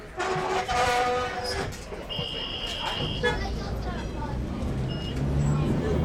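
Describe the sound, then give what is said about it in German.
A streetcar in the Garden District, running where floodwater has receded, rumbles along its rails with a steady low drone, metallic squeals and a sustained high whine rising above the din, while voices speak intermittently over the noise. “Hier im reichen Teil der Stadt, im Garden District, ist das Wasser so weit abgesunken, dass die Straßenbahn fahren kann.”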